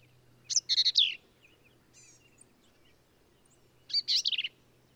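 Black-capped vireo song: two short phrases of buzzy and slurred notes about three seconds apart, with faint softer notes between and low background noise.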